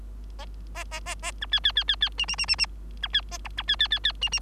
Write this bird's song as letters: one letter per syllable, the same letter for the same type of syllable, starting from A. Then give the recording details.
A A A A B C C C C C D D D D D B C A E B C C C C D D. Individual Bird3